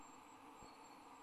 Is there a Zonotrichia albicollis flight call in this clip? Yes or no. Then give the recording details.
no. No flight call is heard. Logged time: 23:44 on 29 November 2014